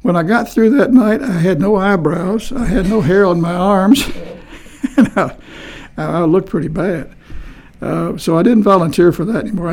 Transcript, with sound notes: when I got through that night, I had no eyebrows, I had no hair on my arms [Laughing] and I, I looked pretty bad. So I didn’t volunteer for that anymore.